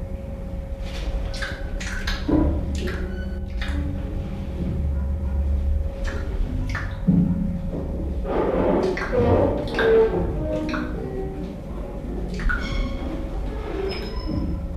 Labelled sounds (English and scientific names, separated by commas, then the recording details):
King Colobus (Colobus polykomos)
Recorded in captivity
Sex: female
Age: adult
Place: Zoo Rostock, Mecklenburg-Vorpommern, DE
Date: 1975-12-05 11:45
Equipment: Uher CR 210, Sennheiser MD 421, Verstärker, Kopie Unitra ZK 246
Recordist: Tembrock, Günter
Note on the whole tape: Beschrieben als Guereza (Colobus polykomos). Zwei Weibchen. Schnalzen, durch Ausweichen vor Beobachter ausgelöst. Abstand ca. 4 m